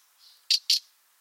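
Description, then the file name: Common nightingale giving two sharp, loud clicking notes in quick succession, preceded by a faint soft note. "Luscinia megarhynchos"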